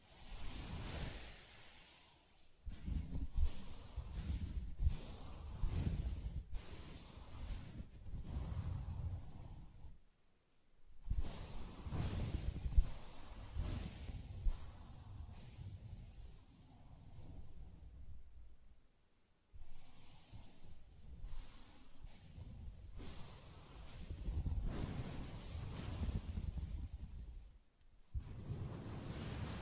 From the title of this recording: Soft Fabric Surface Tapping & Scratching